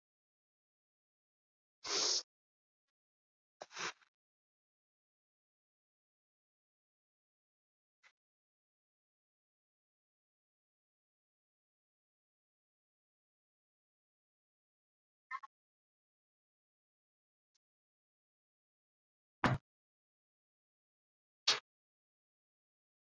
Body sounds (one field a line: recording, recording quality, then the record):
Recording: deep breathing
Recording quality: excellent, no background noise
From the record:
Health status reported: COVID-19 positive, mild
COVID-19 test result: positive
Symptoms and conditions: cough, fever, fatigue, muscle pain, loss of smell and taste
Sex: female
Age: 27 years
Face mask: not worn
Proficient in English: yes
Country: India